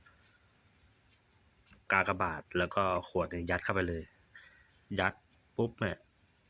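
A smaller plastic bottle is being pushed into a cross-shaped hole cut in the middle of a large plastic bottle to form a fish trap funnel. Someone talks throughout, with only a faint, soft hit rather than a sharp click. Nothing has seated or locked into place yet.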